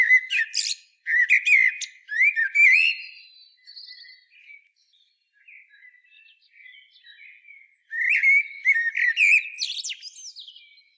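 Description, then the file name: Common blackbird delivering loud fluty warbles with squeaky high notes, a quieter stretch of soft twitters in the middle, then another burst of warbled phrases. "Turdus merula"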